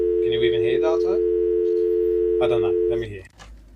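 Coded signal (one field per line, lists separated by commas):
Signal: telephone call progress tone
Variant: North America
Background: speech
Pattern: dial tone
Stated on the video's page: PSTN voice service injected into an exchange-side splitter alongside DSL on a retro ADSL setup.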